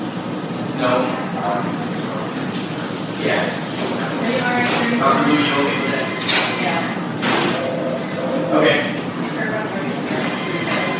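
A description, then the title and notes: A hospital emergency room fills with overlapping voices and murmured conversation, a steady dense babble broken by brief sharper sounds around six and seven seconds. Hospital Emergency Room.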